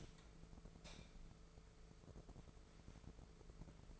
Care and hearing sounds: daily activity, microphone in the room; light on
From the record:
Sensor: 5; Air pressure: 1014.8 hPa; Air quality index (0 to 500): 170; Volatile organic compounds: 6 ppm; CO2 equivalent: 1866 ppm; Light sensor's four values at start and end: 90/214/90/97 and 106/255/108/118

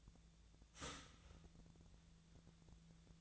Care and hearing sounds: daily activity, microphone in the room; start toaster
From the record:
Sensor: 3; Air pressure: 1009.3 hPa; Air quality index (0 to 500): 197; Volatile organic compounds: 16 ppm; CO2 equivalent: 2556 ppm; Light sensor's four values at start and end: 32/80/34/36 and 32/80/34/36

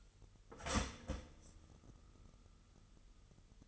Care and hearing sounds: daily activity, microphone in the room; start toaster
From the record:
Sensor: 4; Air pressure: 989.4 hPa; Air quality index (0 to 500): 217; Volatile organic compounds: 68 ppm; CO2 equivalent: 3503 ppm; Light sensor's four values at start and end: 24/83/31/32 and 23/81/30/32

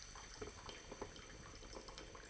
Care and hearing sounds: daily activity, microphone in the room; make coffee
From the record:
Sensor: 4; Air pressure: 1008.2 hPa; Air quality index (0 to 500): 118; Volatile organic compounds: 1 ppm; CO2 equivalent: 863 ppm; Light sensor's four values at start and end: 11/23/9/10 and 11/23/10/10

